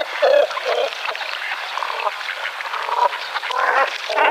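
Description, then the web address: Great cormorant making throaty, nasal croaks and grating grunts. The calls come in uneven bursts, with a louder rasping series at the end. "Great Cormorant"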